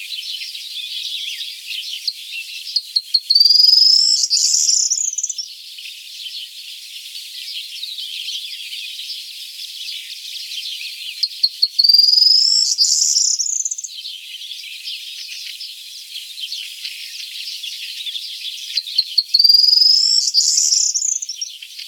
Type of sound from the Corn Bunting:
song